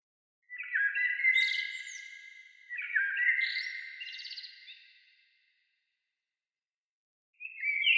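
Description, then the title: Bird song: two long phrases of layered whistled notes that slide and warble, each fading out over a few seconds, followed by a pause and a third phrase starting at the end. "Oiseaux"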